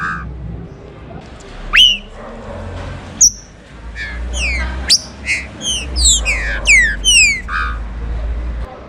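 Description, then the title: Green-winged Saltator song, a lively series of descending whistled slurs and sharp rising notes over a low rumble. "Trinca Ferro"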